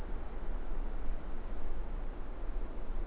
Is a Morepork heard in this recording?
no